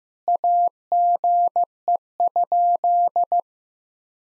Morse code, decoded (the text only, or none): AGE?